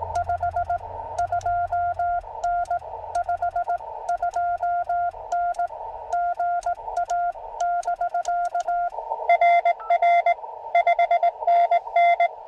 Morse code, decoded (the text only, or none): 52N 52N GA <BK> RR 5NN